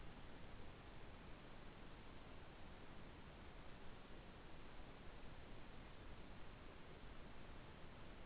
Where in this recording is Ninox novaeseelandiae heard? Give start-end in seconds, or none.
none